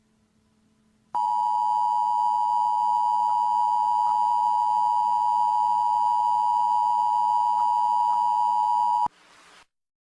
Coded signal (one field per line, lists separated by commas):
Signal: Emergency Alert System (SAME) tones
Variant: 853 and 960 Hz attention tone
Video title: Weird EAS Video - 4 Emergency Alert Systems Intruppet My Little Pony Friendship Is Magic